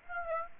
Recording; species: mosquito wingbeat signal from an infrared sensor; Aedes aegypti